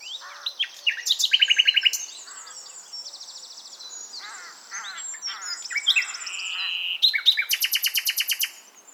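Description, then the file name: Common nightingale song: a mix of rapid, machine-gun repeated notes, whistled phrases and buzzy trills, with a quieter stretch in the middle and a fast rattle to finish. "Luscinia megarhynchos"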